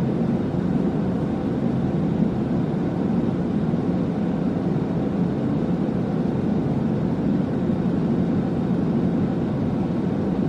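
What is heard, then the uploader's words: White noise plays as a steady, dense rush for the full ten seconds, weighted toward a low, rumbling roar with only a soft hiss on top. The level never changes and no separate events break through, much like the drone inside a cabin. White Noise For Babies All Night Sleep Sounds.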